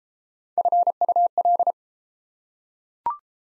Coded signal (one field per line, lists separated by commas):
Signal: Morse code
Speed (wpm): 28 wpm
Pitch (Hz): 700 Hz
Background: none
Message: FUL